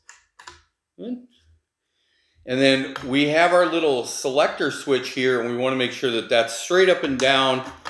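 During reassembly of an AK-style rifle (AK-12), the gas piston is pushed back into the rifle's front section until it locks into place, giving sharp clicks at 0.1 s, 0.4 s and 0.5 s. After a short quiet stretch, someone talks from about 2.4 s to the end.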